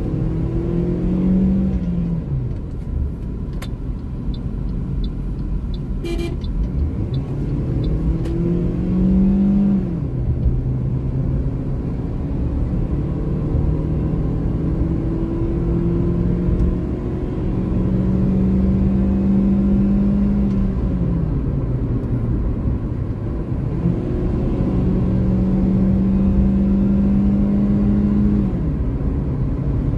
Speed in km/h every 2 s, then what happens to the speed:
54, 36, 35, 47, 60, 68, 77, 86, 93, 100, 86, 88, 96, 102, 106.
0-2 brakes to 36. 5-17 speeds up to 100. 21-30 speeds up to 106.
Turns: none.